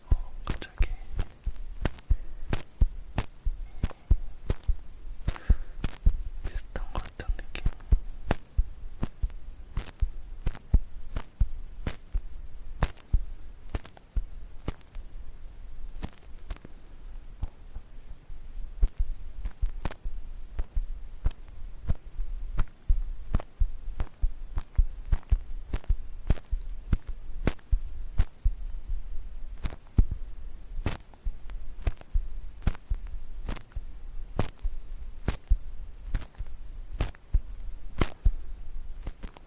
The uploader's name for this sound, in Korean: 점착식 귀이개와 면봉 귀청소